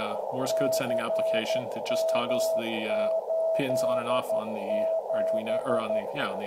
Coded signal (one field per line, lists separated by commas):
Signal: Morse code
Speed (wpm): 12 wpm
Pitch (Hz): 650 Hz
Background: speech, radio noise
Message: CM87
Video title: A micro-power Arduino Morse radio beacon